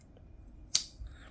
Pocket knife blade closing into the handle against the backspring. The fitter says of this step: It snaps down. Pretty nice.